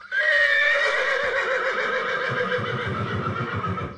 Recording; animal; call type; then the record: contact call of a hoofed animal; horse; whinny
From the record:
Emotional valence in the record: negative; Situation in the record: group separation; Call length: 4.0 s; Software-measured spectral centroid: 1930 Hz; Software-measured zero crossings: 2690 a second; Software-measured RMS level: -24 dBFS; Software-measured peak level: -9 dBFS